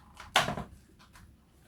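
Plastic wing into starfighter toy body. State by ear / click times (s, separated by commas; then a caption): seated / 0.4 s. A plastic wing is fitted onto the body of a plastic N-1 Starfighter toy from The Mandalorian. After a faint tap at about 0.2 s, a sharp plastic snap at 0.4 s seats the wing in place, followed by a few quiet rustles.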